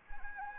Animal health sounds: mosquito wingbeat signal from an infrared sensor; Anopheles arabiensis

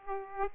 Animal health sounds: mosquito wingbeat signal from an infrared sensor; Aedes aegypti

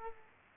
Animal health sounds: mosquito wingbeat signal from an infrared sensor; Culex quinquefasciatus

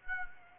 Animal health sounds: mosquito wingbeat signal from an infrared sensor; Aedes aegypti

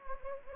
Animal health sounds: mosquito wingbeat signal from an infrared sensor; Anopheles gambiae

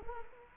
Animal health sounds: mosquito wingbeat signal from an infrared sensor; Culex quinquefasciatus

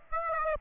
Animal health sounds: mosquito wingbeat signal from an infrared sensor; Aedes aegypti

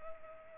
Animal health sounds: mosquito wingbeat signal from an infrared sensor; Culex pipiens

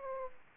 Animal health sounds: mosquito wingbeat signal from an infrared sensor; Aedes aegypti

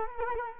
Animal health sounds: mosquito wingbeat signal from an infrared sensor; Culex quinquefasciatus

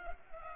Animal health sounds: mosquito wingbeat signal from an infrared sensor; Culex pipiens

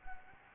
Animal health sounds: mosquito wingbeat signal from an infrared sensor; Anopheles gambiae

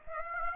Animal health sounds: mosquito wingbeat signal from an infrared sensor; Aedes aegypti

